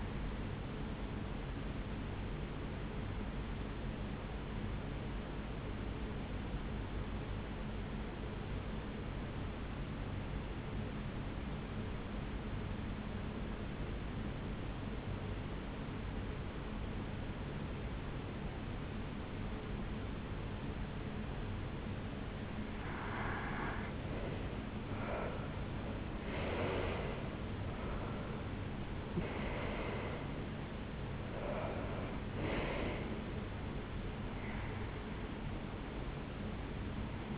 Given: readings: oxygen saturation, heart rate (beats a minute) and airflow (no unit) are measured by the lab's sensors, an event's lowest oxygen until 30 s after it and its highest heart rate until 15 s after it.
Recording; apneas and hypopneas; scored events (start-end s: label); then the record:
breathing in sleep by a voice recorder at the bedside; 1
3.00-23.50 s: hypopnea (REM, oxygen 95% highest, then 88% lowest, heart rate 67 at the start, 78 highest)
From the record:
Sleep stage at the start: REM sleep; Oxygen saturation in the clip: 86 to 95%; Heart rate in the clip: 63 to 78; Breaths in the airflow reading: 5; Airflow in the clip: -8.9 to 7.3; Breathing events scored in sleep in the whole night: 449 in 7.0 hours asleep